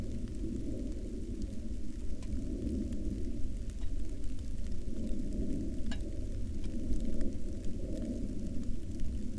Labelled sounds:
rain
aircraft
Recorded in the Arctic National Wildlife Refuge, Alaska, on 31 July 2019 at 02:18
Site 39

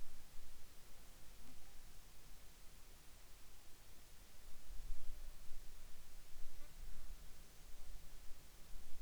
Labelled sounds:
insects
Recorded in the Arctic National Wildlife Refuge, Alaska, on 10 July 2019 at 18:18
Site 44

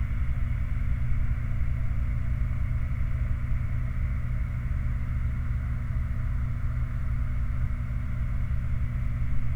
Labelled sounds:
machinery
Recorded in the Prudhoe Bay oil fields, Alaska, on 29 July 2019 at 13:26
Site 29

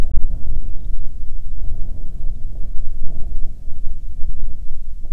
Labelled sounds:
bird
wind
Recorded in the Arctic National Wildlife Refuge, Alaska, on 9 July 2019 at 21:36
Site 48

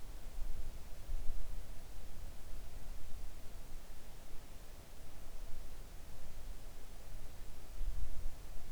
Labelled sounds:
near silence
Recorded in the Arctic National Wildlife Refuge, Alaska, on 3 August 2019 at 05:20
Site 41

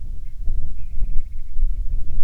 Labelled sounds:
grouse or ptarmigan
wind
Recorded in the Prudhoe Bay oil fields, Alaska, on 6 August 2019 at 04:54
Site 22

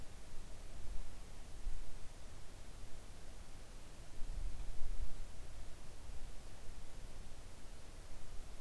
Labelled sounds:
near silence
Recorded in the Arctic National Wildlife Refuge, Alaska, on 3 August 2019 at 05:32
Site 41

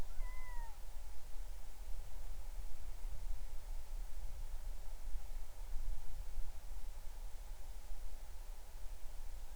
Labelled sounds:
bird
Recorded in the Arctic National Wildlife Refuge, Alaska, on 20 July 2019 at 03:03
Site 38

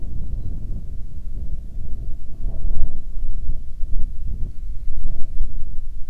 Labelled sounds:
wind
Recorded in the Prudhoe Bay oil fields, Alaska, on 9 June 2019 at 17:24
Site 21

